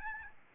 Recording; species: mosquito wingbeat signal from an infrared sensor; Aedes albopictus